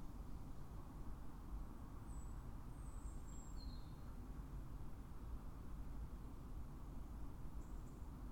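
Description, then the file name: European robin song: a short burst of thin, high, sliding notes, some dropping in pitch, over a loud, constant low rumble like traffic. "Erithacus rubecula"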